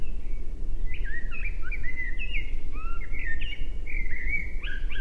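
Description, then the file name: Common blackbird: continuous fluty, warbled notes sliding up and down throughout, with a loud low rumbling noise underneath. "Turdus merula"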